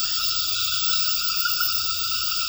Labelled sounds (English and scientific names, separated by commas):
none